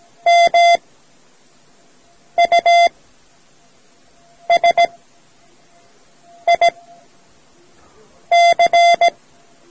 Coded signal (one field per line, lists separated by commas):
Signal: Morse code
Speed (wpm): 17 wpm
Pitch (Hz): 690 Hz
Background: none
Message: MUSIC